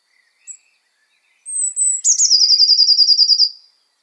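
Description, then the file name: Eurasian blue tit: a thin high note, a slightly descending whistle, then a fast buzzy trill of many repeated notes lasting over a second. "Cyanistes caeruleus"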